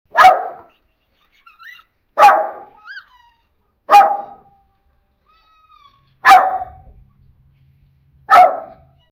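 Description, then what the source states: Dog barks: five loud, sharp single barks about every two seconds. Two dogs, a chihuahua and a pit bull, barking.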